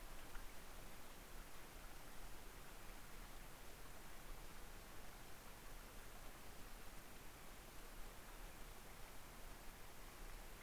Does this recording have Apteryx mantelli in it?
no